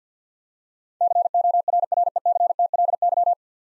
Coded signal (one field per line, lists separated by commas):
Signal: Morse code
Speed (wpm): 50 wpm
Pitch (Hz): 700 Hz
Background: none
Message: CORRECTLY